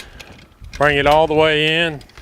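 Someone talks while the stand handle on a 2026 Texas Corn Roaster trailer is brought all the way in toward its catch, with only faint handling sounds before the voice. The handle has not locked into its catch and nothing has seated or clicked yet.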